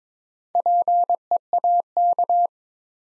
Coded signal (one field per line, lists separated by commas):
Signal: Morse code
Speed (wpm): 23 wpm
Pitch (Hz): 700 Hz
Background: none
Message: PEAK